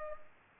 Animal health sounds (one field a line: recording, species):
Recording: mosquito wingbeat signal from an infrared sensor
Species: Culex pipiens